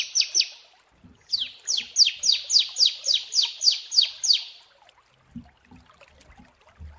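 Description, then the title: Prinia song: two rapid, sharply falling high notes, then after a short pause a long run of many more, with faint low knocks in the background. Prinia song used as long-duration masteran training and therapy for birds. "Masteran Terapi Prenjak"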